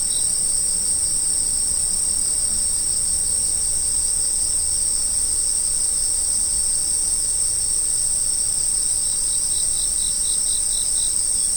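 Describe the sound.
Autumn insects chirring continuously in a high shrill chorus, with a separate pulsed chirping joining near the end over low background rumble.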